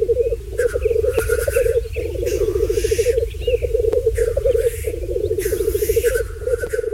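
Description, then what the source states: Black grouse display: continuous low bubbling, cooing trills with brief pauses, broken by harsh hissing bursts. Sound of the black grouse's mating display; species seriously endangered in the Netherlands, now found only in Overijssel, declining through deteriorated habitat; heard less and less.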